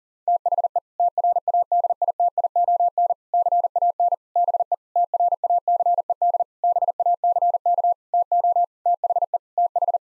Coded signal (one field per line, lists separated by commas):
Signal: Morse code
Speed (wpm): 40 wpm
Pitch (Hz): 700 Hz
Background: none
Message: THE TRADITION CAN BE TRACED BACK TO THE TH